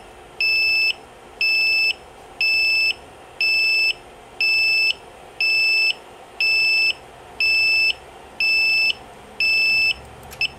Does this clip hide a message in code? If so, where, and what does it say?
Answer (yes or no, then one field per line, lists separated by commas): no